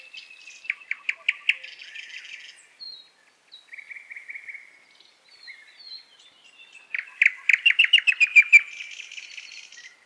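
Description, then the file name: Nightingale song with a rapid repeated trill at the start, a soft sustained whistle in the middle, then a loud run of sharp repeated notes near the end. Forest. "Zvuki Vselennoy Zemlya Golosa ptic zvuki lesa solovey"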